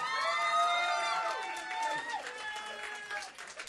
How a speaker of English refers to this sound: And the crowd goes wild.